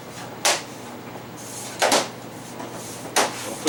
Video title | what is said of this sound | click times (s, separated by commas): Insignia 55 inch, has sound but no Picture. NS-55D421NA16 TV repair. | put on our outer bezel that should snap right into place push | 0.5 s, 3.2 s